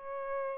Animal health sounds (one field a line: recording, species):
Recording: mosquito wingbeat signal from an infrared sensor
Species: Aedes albopictus